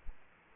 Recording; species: mosquito wingbeat signal from an infrared sensor; Aedes aegypti